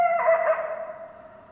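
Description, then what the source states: Coyote howl, a single drawn-out harmonic note that starts strong and slowly fades over about a second and a half. Recorded 10 December 2012; more than one coyote.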